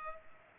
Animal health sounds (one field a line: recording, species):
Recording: mosquito wingbeat signal from an infrared sensor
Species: Culex pipiens